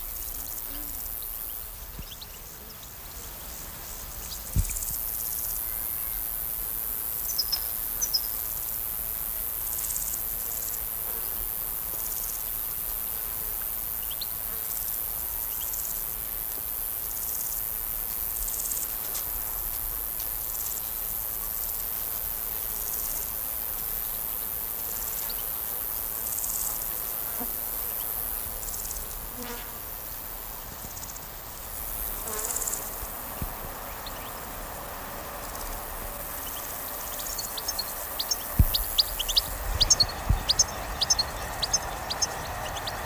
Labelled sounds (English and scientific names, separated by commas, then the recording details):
Large Gold Grasshopper (Chrysochraon dispar) stridulation
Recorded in the wild
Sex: male
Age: imago
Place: Berlin, OT Blankenfelde, Berlin, DE
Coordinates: 52.6219, 13.4075
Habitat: meadow
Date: 1990-08-12 11:20
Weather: warm and humid, 20-28°C
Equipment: Marantz, Sennheiser ME 80
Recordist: Tembrock, Günter